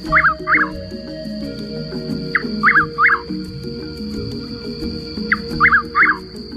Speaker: At dusk, and often into the night, its seemingly endless calls speak its name. Chuck Will's Widow.